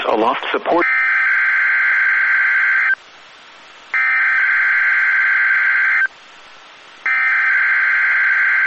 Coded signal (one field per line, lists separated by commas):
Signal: Emergency Alert System (SAME) tones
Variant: header bursts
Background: speech